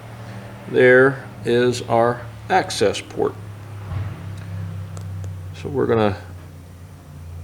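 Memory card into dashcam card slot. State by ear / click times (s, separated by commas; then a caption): not seated / none. A memory card is lined up at the access port of a Vantrue N4 Pro dashcam, being hardwired into a 5th gen Toyota 4Runner, before it is slid into the card slot. Someone talks over a steady low hum, with two faint short ticks at about 5.0 s and 5.2 s. The card has not been pushed in or clicked yet.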